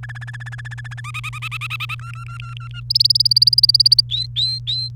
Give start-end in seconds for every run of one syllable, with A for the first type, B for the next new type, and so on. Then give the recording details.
0.03-1.00 A, 1.04-1.95 B, 1.99-2.80 C, 2.90-4.01 D, 4.09-4.88 E. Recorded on 28 April 2018 at 06:00. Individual llb3